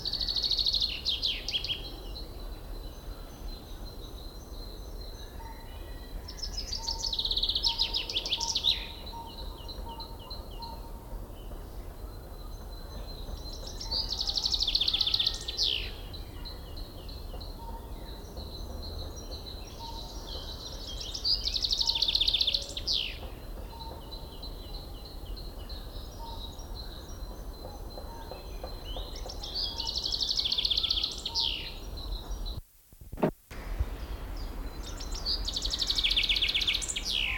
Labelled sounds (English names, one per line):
Common Chaffinch